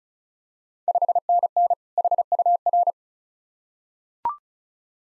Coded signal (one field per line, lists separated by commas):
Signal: Morse code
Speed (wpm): 36 wpm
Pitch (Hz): 700 Hz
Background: none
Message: 5NN HUR